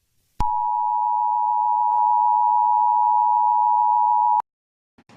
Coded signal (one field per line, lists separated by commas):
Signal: Emergency Alert System (SAME) tones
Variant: 853 and 960 Hz attention tone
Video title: EAS Alert #6 (Severe Thunderstorm Warning for South Central Queensland)